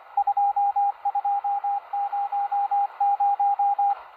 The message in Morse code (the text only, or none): 2200